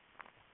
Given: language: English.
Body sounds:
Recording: throat vibration sensor signal played as sound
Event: swallow

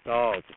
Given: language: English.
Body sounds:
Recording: throat vibration sensor signal played as sound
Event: speech

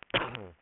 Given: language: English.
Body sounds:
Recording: throat vibration sensor signal played as sound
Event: cough

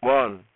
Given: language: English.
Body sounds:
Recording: throat vibration sensor signal played as sound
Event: speech

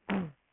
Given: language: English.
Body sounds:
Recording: throat vibration sensor signal played as sound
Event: throat clearing

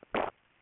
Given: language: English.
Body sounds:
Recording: throat vibration sensor signal played as sound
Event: swallow

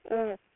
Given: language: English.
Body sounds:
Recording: throat vibration sensor signal played as sound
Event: speech

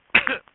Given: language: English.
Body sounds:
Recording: throat vibration sensor signal played as sound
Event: cough

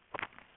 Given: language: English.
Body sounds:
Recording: throat vibration sensor signal played as sound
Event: swallow

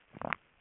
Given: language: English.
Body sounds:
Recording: throat vibration sensor signal played as sound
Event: swallow

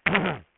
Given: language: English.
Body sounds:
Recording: throat vibration sensor signal played as sound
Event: throat clearing

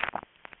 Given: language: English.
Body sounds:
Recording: throat vibration sensor signal played as sound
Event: swallow

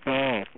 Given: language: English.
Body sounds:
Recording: throat vibration sensor signal played as sound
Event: speech

